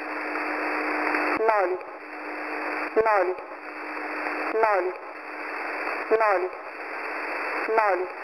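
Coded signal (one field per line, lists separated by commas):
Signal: numbers station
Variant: S06s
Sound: single short spoken words, evenly spaced about every 1.5 seconds, over hissing static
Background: radio static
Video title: S06s Number Station 9262kHz - 8:30 UTC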